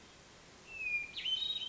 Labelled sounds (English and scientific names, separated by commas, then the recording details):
Hermit Thrush (Catharus guttatus)
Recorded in Sonoma County, California